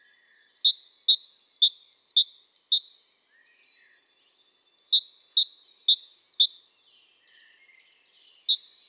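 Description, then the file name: Great tit song: clear two-note phrases, a higher note then a lower one, repeated in two bursts of several pairs separated by a pause, with a third starting at the end. "Parus major"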